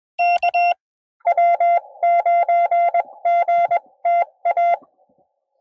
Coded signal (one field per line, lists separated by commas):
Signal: Morse code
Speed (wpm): 20 wpm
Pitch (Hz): 700 Hz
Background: none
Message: K W9GTA